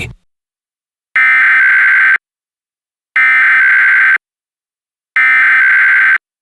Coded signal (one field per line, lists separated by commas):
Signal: Emergency Alert System (SAME) tones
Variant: header bursts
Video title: EAS Mock: The Best Required Weekly Test